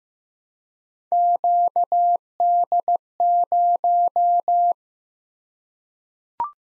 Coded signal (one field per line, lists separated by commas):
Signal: Morse code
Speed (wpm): 15 wpm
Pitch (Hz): 700 Hz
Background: none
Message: QD0